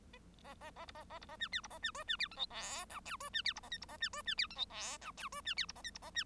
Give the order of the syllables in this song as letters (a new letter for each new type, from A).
A A A B A A B A C D B A C E C D F G H I J E C D B A K B A C E C D F G H I J E C D B A K B A C